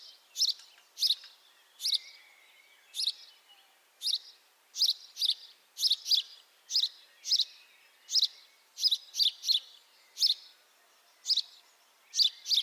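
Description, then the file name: House sparrow giving a long run of loud, scratchy chirps, singly and in quick doubles or triples, irregularly spaced. "Passer domesticus"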